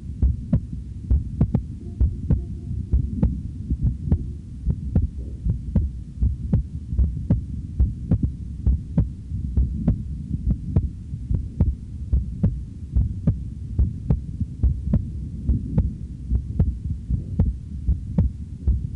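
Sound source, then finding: Heart. Heartbeat.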